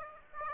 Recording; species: mosquito wingbeat signal from an infrared sensor; Aedes aegypti